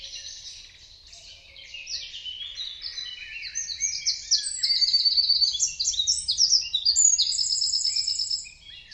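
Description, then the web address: Many birds calling together with high chips and tweets that build in strength, then rapid rattling trills toward the end. "Deverinetal 2025. Bird Only"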